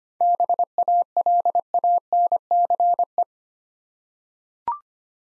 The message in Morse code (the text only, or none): BALANCE